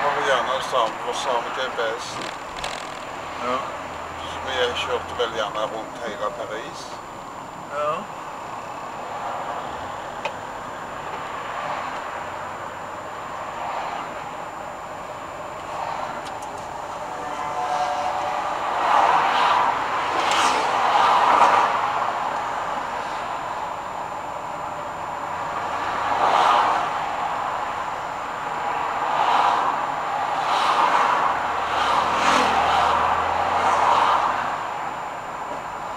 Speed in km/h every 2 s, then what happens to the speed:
28, 29, 30, 25, 22, 22, 23, 22, 22, 22, 23, 23, 21, 18, 17, 16, 20, 24.
4-8 slows to 22. 8-22 steady at about 22. 22-27 slows to 17. 27-36 speeds up to 24.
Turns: none.